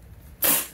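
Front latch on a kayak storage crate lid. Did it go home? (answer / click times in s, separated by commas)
yes / 0.4 s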